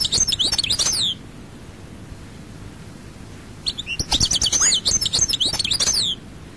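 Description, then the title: European goldfinch song, a rapid string of high tinkling twitters, then a pause of about two and a half seconds before another long twittering phrase. "Chant Chardonneret"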